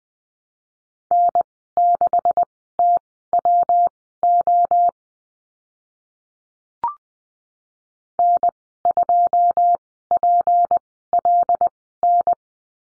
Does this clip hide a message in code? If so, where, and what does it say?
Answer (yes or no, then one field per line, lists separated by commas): yes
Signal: Morse code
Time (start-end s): 1.1-12.3 s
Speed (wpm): 20 wpm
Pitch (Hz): 700 Hz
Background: none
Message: N6TWO N2PLN